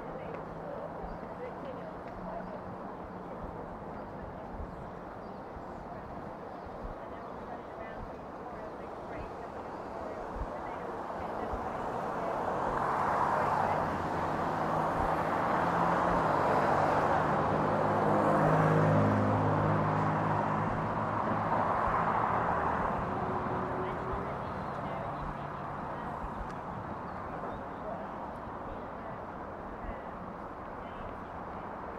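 Sitting in Lafayette Square near the North Lawn of the White House, a steady murmur of voices and traffic fills the air. From about ten to twenty-five seconds a vehicle swells past with a low engine hum, then the scene settles back to chatter.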